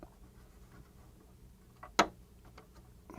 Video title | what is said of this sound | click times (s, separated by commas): Mounting Micro Master Deck Guns on The Mighty Hood - 1/200 Scale Hood Build Series - Boomer Diorama | when you hear clicks, you hope those are good clicks, right? | 2.0 s